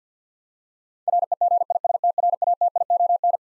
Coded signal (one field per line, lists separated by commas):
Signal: Morse code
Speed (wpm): 50 wpm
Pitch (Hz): 700 Hz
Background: none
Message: REGISTRATION